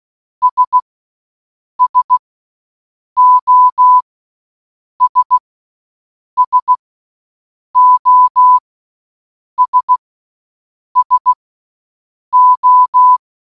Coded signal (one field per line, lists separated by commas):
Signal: Morse code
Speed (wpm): 16 wpm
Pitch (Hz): 1000 Hz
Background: none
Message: S SOS SOS SO